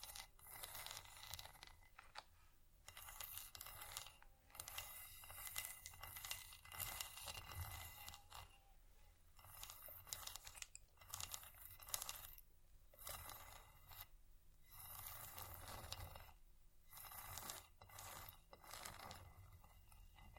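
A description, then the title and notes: Busy clatter of tapping, scratching and scraping on wood, glass and chain, with brief gaps near 4.5, 8.5 and 16.5 seconds. Vinyl,wood,tapping,scratchig,chain,glass,etc.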